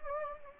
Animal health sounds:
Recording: mosquito wingbeat signal from an infrared sensor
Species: Anopheles gambiae

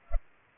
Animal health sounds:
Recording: mosquito wingbeat signal from an infrared sensor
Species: Culex pipiens

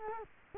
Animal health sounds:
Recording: mosquito wingbeat signal from an infrared sensor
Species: Culex quinquefasciatus

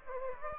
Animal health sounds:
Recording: mosquito wingbeat signal from an infrared sensor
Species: Aedes aegypti

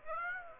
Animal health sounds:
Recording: mosquito wingbeat signal from an infrared sensor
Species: Aedes aegypti

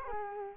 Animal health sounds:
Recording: mosquito wingbeat signal from an infrared sensor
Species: Culex quinquefasciatus

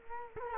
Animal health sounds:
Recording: mosquito wingbeat signal from an infrared sensor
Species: Culex quinquefasciatus

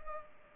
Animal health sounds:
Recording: mosquito wingbeat signal from an infrared sensor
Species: Culex pipiens

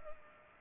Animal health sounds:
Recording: mosquito wingbeat signal from an infrared sensor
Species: Culex pipiens

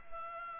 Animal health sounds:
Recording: mosquito wingbeat signal from an infrared sensor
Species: Culex pipiens

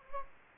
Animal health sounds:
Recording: mosquito wingbeat signal from an infrared sensor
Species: Anopheles gambiae

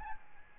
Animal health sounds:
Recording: mosquito wingbeat signal from an infrared sensor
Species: Aedes albopictus

